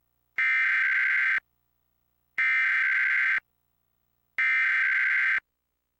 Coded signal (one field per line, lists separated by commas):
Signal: Emergency Alert System (SAME) tones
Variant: header bursts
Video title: EAS #1218-1220: 3 EAS Required Monthly Tests- Aug. 5, 2026- 12:11AM PDT